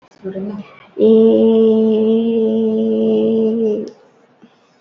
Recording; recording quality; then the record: sustained vowel as in made; excellent, no background noise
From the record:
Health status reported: COVID-19 positive, mild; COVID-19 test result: positive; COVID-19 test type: RT-PCR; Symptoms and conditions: cough, sore throat, fever, muscle pain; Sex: female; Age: 35 years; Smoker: no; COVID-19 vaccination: both doses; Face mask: worn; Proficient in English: yes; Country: India